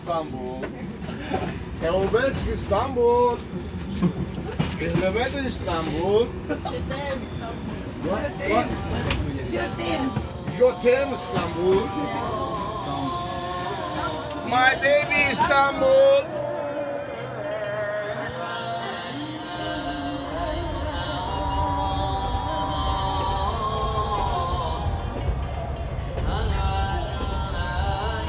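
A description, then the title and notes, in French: Aboard an old train on the Bosphorus Express, voices talk and overlap for the first half, with some sharp clatter and knocks around the middle. After about sixteen seconds the chatter thins and a steady low rumble of the moving train carries on, with faint tones above. Le Bosphore Express relie Bucarest (Roumanie) à Istanbul (Turquie) en traversant toute la Bulgarie. Vingt heures de voyage dans un beau et vieux train comme on n'en entend plus.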